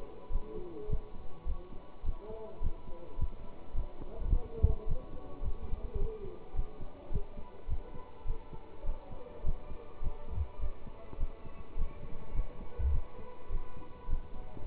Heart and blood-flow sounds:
heart sounds by stethoscope; between the tricuspid and mitral areas; 105 bpm
0.30 s: heartbeat
0.88 s: heartbeat
1.45 s: heartbeat
2.03 s: heartbeat
2.61 s: heartbeat
3.17 s: heartbeat
3.74 s: heartbeat
4.30 s: heartbeat
4.86 s: heartbeat
5.41 s: heartbeat
5.97 s: heartbeat
6.54 s: heartbeat
7.10 s: heartbeat
7.67 s: heartbeat
8.25 s: heartbeat
8.84 s: heartbeat
9.43 s: heartbeat
10.01 s: heartbeat
10.59 s: heartbeat
11.18 s: heartbeat
11.76 s: heartbeat
12.33 s: heartbeat
12.91 s: heartbeat
13.49 s: heartbeat
14.07 s: heartbeat
14.64 s: heartbeat
From the record:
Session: pedaling a stationary bicycle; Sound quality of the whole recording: good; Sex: male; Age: 27 years

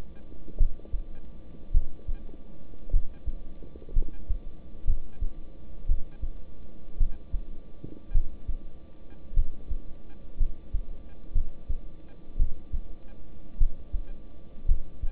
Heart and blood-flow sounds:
heart sounds by stethoscope; between the tricuspid and mitral areas; 55 bpm
0.57 s: heartbeat
1.72 s: heartbeat
2.91 s: heartbeat
3.93 s: heartbeat
4.85 s: heartbeat
5.87 s: heartbeat
6.98 s: heartbeat
8.12 s: heartbeat
9.34 s: heartbeat
10.38 s: heartbeat
11.33 s: heartbeat
12.37 s: heartbeat
13.58 s: heartbeat
14.66 s: heartbeat
From the record:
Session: rest, lying down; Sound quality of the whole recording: good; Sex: male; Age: 26 years

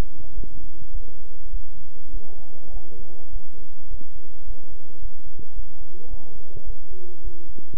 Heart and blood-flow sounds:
heart sounds by stethoscope; between the tricuspid and mitral areas; 105 bpm
0.35 s: heartbeat
0.92 s: heartbeat
1.51 s: heartbeat
2.11 s: heartbeat
2.71 s: heartbeat
3.31 s: heartbeat
3.89 s: heartbeat
4.45 s: heartbeat
5.00 s: heartbeat
5.54 s: heartbeat
6.09 s: heartbeat
6.64 s: heartbeat
7.22 s: heartbeat
From the record:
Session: bicycle stress test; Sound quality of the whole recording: good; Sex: male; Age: 26 years

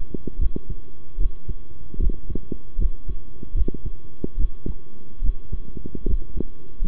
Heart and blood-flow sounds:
heart sounds by stethoscope; between the tricuspid and mitral areas; 75 bpm
0.38 s: heartbeat
1.17 s: heartbeat
1.99 s: heartbeat
2.78 s: heartbeat
3.54 s: heartbeat
4.37 s: heartbeat
5.21 s: heartbeat
6.06 s: heartbeat
6.81 s: heartbeat
From the record:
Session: rest, sitting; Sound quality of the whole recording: good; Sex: male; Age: 23 years

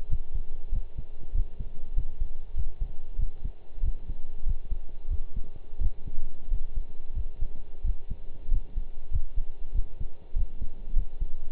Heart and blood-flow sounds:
heart sounds by stethoscope; between the tricuspid and mitral areas; 94 bpm
0.10 s: heartbeat
0.72 s: heartbeat
1.34 s: heartbeat
1.96 s: heartbeat
2.57 s: heartbeat
3.19 s: heartbeat
3.83 s: heartbeat
4.46 s: heartbeat
5.10 s: heartbeat
5.81 s: heartbeat
6.51 s: heartbeat
7.16 s: heartbeat
7.84 s: heartbeat
8.51 s: heartbeat
9.12 s: heartbeat
9.74 s: heartbeat
10.36 s: heartbeat
10.96 s: heartbeat
From the record:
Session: pedaling a stationary bicycle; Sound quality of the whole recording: partially saturated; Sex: male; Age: 23 years

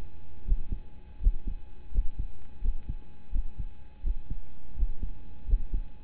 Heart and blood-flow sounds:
heart sounds by stethoscope; between the tricuspid and mitral areas; 84 bpm
0.44 s: heartbeat
1.19 s: heartbeat
1.91 s: heartbeat
2.61 s: heartbeat
3.31 s: heartbeat
4.03 s: heartbeat
4.75 s: heartbeat
5.46 s: heartbeat
From the record:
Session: rest, lying down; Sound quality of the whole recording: partially saturated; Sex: male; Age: 25 years

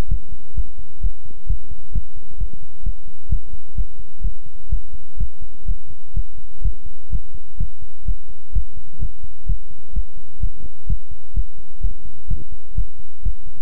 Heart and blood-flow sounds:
heart sounds by stethoscope; between the tricuspid and mitral areas; 128 bpm
0.08 s: heartbeat
0.54 s: heartbeat
1.00 s: heartbeat
1.47 s: heartbeat
1.92 s: heartbeat
2.38 s: heartbeat
2.83 s: heartbeat
3.29 s: heartbeat
3.75 s: heartbeat
4.21 s: heartbeat
4.69 s: heartbeat
5.17 s: heartbeat
5.65 s: heartbeat
6.14 s: heartbeat
6.62 s: heartbeat
7.10 s: heartbeat
7.57 s: heartbeat
8.05 s: heartbeat
8.52 s: heartbeat
8.99 s: heartbeat
9.46 s: heartbeat
9.93 s: heartbeat
10.40 s: heartbeat
10.87 s: heartbeat
11.34 s: heartbeat
11.81 s: heartbeat
12.28 s: heartbeat
12.75 s: heartbeat
13.23 s: heartbeat
From the record:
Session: pedaling a stationary bicycle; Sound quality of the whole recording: good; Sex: male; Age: 24 years

